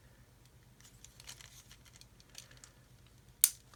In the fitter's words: like so here's that click in and then that can hinge out put the batteries in